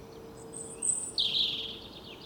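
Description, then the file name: European robin with brief high, sweet notes followed by a louder warbled phrase that trails off; faint hum and hiss underneath. "Erithacus rubecula"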